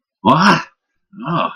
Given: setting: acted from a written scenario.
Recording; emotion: vocal sound without words; negative surprise